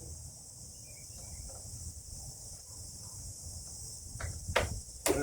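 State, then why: Seated. A plastic spool cap is lined up by its slots and pressed back onto the head of an EGO 56V string trimmer, with a quiet, steady background before two sharp clicks at 4.6 s and 5.1 s. The cap snaps into place and is seated.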